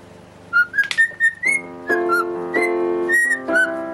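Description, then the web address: Cockatiel giving quick whistled notes, some rising, alternating with piano chords. Parrot singing along with a pianist playing the piano. "pappagallo e pianista corella e pianoforte"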